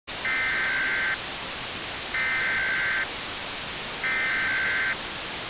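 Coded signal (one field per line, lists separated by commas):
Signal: Emergency Alert System (SAME) tones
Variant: header bursts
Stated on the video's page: Fictional alert made with text-to-speech and audio editing software.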